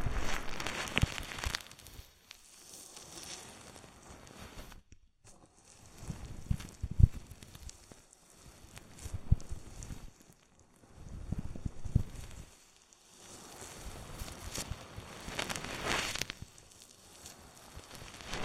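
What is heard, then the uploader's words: Oil and foam rubbed over the microphone in an ear massage, making soft wet crackling, squishing and fizzing strokes. The sounds come in uneven bursts every couple of seconds, some bright and hissy, others low and thumping, with a short near-silent gap around five seconds. ASMR Oil, Foam and Tingly Ear Massage.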